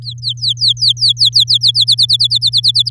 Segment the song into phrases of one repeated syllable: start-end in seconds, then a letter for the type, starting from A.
0.02-1.84 A, 1.87-2.90 B